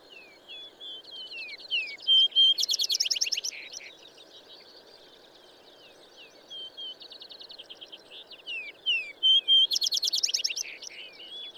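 Bird song: twittering whistled notes leading into a loud rapid trill, heard twice.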